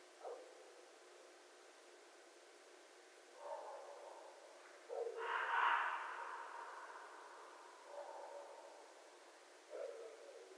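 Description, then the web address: Red fox giving harsh, hoarse calls, one long rasping scream in the middle flanked by shorter lower barks, spaced a few seconds apart. Recorded 11 January 2012. "sounds mammals Red Fox 2012 01 11 Red Fox long"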